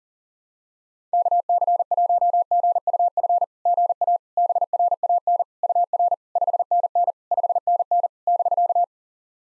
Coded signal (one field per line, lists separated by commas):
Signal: Morse code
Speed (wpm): 44 wpm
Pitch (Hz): 700 Hz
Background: none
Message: KC1GUF GA BRAN UR 5NN 5NN <BK>